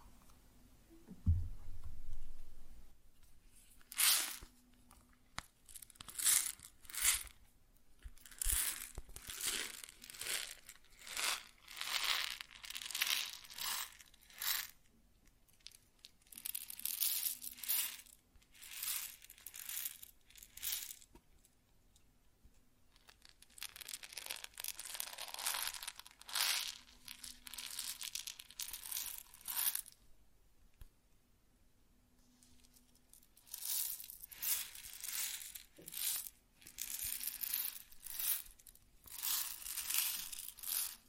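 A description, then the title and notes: Grain being handled in bursts of dry, crunchy, crinkling rustle, some short and some drawn out for several seconds, with quiet pauses between. A low thump opens the clip, and a faint steady hum sits underneath throughout. ASMR Grain Sounds (No Talking).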